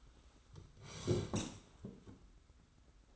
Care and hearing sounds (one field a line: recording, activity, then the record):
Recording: daily activity, microphone in the room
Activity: sit down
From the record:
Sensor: 3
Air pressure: 991.7 hPa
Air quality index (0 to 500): 166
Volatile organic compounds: 1000 ppm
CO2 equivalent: 5480 ppm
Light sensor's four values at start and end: 35/99/41/35 and 37/106/43/37